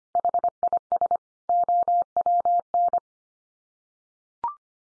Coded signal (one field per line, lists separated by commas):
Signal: Morse code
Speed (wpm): 25 wpm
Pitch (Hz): 700 Hz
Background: none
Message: HIS OWN